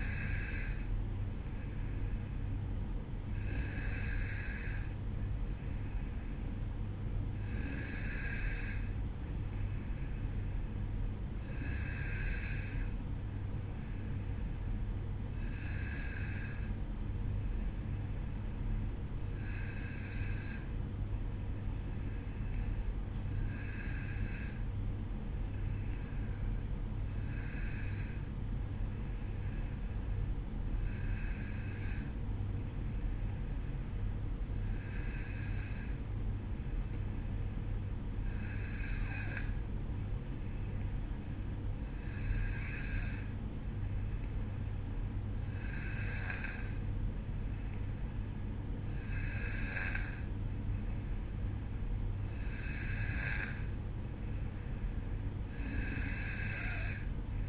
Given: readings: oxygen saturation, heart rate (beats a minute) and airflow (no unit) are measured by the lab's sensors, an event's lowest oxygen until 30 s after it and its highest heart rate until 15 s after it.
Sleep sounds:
breathing in sleep by a smartphone at the bedside; none
8.00-57.49 s: new sleep stage, N2 (light sleep)
From the record:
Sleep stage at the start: N1 (lightest sleep); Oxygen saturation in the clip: 93 to 94%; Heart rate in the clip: 52 to 55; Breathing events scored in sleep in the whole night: 305 in 9.6 hours asleep

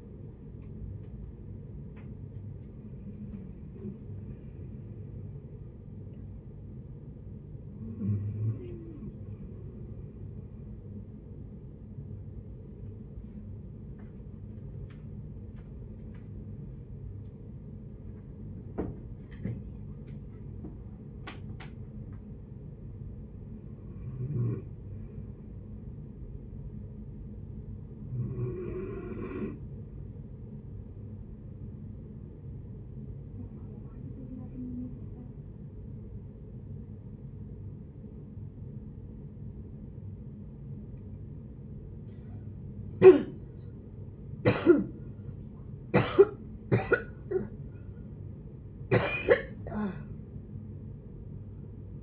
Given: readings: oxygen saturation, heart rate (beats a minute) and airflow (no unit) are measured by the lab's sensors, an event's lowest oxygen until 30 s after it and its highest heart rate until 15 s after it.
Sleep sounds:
breathing in sleep by a smartphone at the bedside; none
50.00-52.03 s: new sleep stage, awake
From the record:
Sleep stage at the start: N1 (lightest sleep); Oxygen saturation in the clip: 63 to 95%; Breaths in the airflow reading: 13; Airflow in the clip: -10.5 to 12.9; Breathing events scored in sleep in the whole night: 496 in 5.4 hours asleep

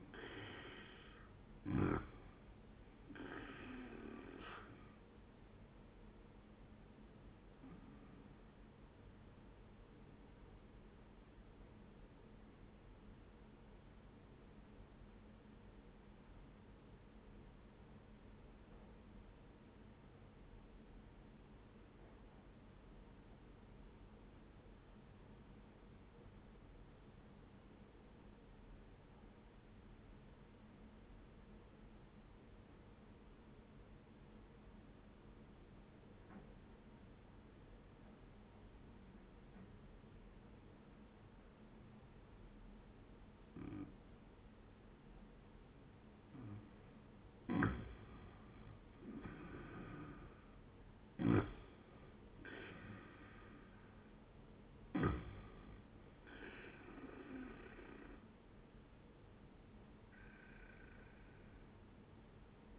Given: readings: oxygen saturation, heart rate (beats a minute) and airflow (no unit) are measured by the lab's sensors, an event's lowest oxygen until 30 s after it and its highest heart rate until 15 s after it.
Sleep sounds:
breathing in sleep by a voice recorder at the bedside; 1
1.00-31.00 s: new sleep stage, N1 (lightest sleep)
14.00-46.80 s: obstructive apnea (N1, oxygen 97% highest, then 88% lowest, heart rate 71 at the start, 83 highest)
31.00-61.00 s: new sleep stage, N2 (light sleep)
61.00-62.79 s: new sleep stage, N1 (lightest sleep)
From the record:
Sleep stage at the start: N2 (light sleep); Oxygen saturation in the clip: 87 to 97%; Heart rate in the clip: 67 to 86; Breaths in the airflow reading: 3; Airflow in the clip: -10.4 to 14.1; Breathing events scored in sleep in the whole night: 131 in 7.2 hours asleep

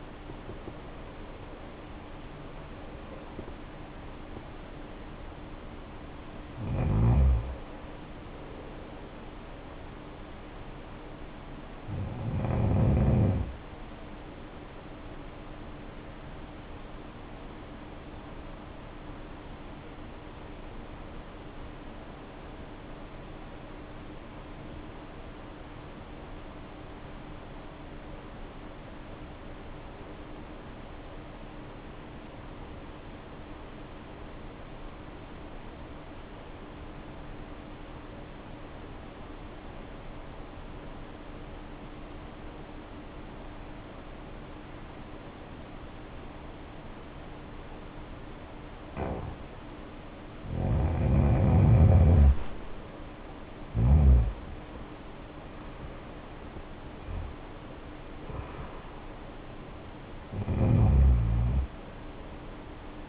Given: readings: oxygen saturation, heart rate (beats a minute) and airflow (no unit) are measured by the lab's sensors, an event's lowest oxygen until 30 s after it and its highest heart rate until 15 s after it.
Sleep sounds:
breathing in sleep by a voice recorder at the bedside; 1
24.00-50.70 s: obstructive apnea (REM, oxygen 95% highest, then 70% lowest, heart rate 61 at the start, 85 highest)
From the record:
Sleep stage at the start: REM sleep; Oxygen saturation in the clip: 67 to 95%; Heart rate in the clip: 58 to 92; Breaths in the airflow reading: 8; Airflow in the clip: -11.5 to 11.0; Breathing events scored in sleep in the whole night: 520 in 7.2 hours asleep

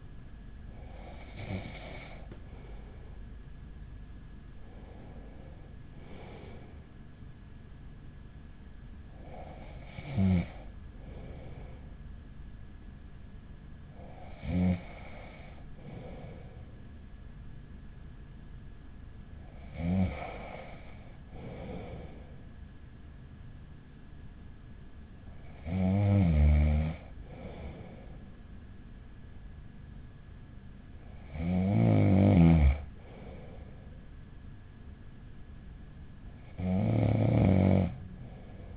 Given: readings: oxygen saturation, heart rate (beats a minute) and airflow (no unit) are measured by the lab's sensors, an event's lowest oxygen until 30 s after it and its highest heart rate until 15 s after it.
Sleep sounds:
breathing in sleep by a smartphone at the bedside; none
none scored
From the record:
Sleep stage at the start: N1 (lightest sleep); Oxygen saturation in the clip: 94 to 96%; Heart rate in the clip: 40 to 77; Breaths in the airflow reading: 7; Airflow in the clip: -5.9 to 6.5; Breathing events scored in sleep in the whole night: 207 in 7.6 hours asleep

